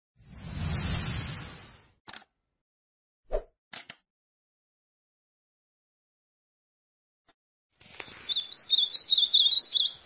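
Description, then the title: White-throated seedeater song: a fast, high, rippling chain of chirped notes near the end, preceded by a low rumbling noise and a few clicks. "Canto Do Golinha"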